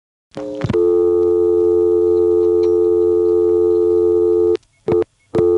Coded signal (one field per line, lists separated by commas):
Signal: telephone call progress tone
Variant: North America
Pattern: dial tone